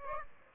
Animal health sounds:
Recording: mosquito wingbeat signal from an infrared sensor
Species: Aedes aegypti

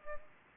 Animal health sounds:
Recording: mosquito wingbeat signal from an infrared sensor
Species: Aedes aegypti

